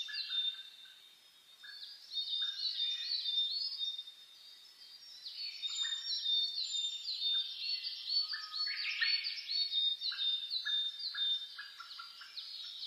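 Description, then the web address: Birds singing in a dawn chorus: many overlapping high whistles, chirps and short trills, with some sustained tonal notes and a couple of quieter spells. Dawn chorus (reimei) of birdsong (saezuri), recorded 10 May 2010. "reimei DH-D 50-saezuri-20100510-0401"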